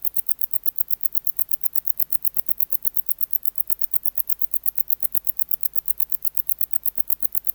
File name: Decticus verrucivorus